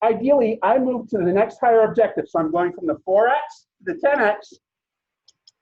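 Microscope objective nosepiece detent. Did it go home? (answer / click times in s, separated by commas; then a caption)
yes / 5.3 s, 5.5 s. A microscope's revolving nosepiece is rotated from the 4x to the 10x objective while someone talks. After the talking stops, two small clicks are heard at 5.3 and 5.5 seconds as the nosepiece detent clicks the objective into place.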